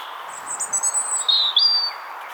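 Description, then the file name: European robin song: very high, thin drawn-out whistles followed by a lower sliding note and a brief sweet phrase. "Erithacus rubecula"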